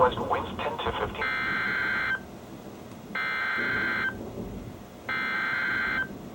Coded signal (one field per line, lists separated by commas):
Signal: Emergency Alert System (SAME) tones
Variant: header bursts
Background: speech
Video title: EAS #114-#119: Flash Flood Watch and Some Others | KHB36 & WNG736